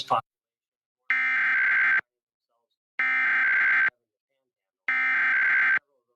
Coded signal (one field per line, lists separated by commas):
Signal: Emergency Alert System (SAME) tones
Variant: header bursts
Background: speech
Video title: June Required Monthly EAS Test Arizona on 3 (2 depending on country) tv channels